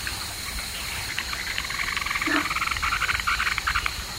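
Brown tree frog calling: a rapid series of short clicking pulses, many per second, starting after about a second, over steady background noise.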